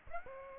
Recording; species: mosquito wingbeat signal from an infrared sensor; Aedes aegypti